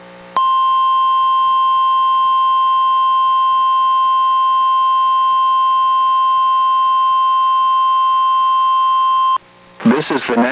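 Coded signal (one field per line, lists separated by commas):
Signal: Emergency Alert System (SAME) tones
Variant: 1050 Hz attention tone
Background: speech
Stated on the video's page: NOAA Weather Radio required weekly test from NWS Portland, relayed by station KEC91 and recorded from a Reecom R-1630 weather radio through a Zoom H1 recorder.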